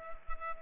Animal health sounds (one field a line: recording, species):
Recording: mosquito wingbeat signal from an infrared sensor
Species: Culex pipiens